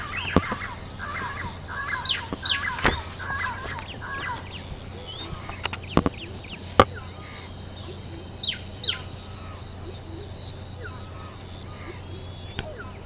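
Birds calling, a quick run of chirping notes at the start, then spaced high downslurred chips and a few sharp clicks over a low drone.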